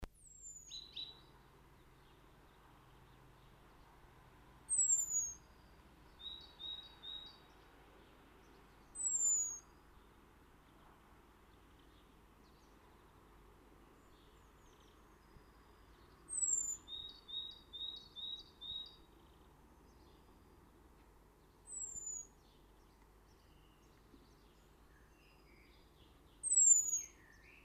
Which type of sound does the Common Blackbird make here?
call